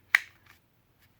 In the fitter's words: little click in and as it is right here you